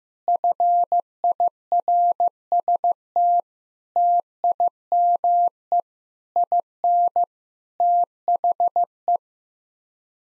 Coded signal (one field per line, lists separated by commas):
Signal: Morse code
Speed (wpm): 15 wpm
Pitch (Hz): 700 Hz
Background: none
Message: FIRST TIME IN THE